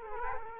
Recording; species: mosquito wingbeat signal from an infrared sensor; Culex quinquefasciatus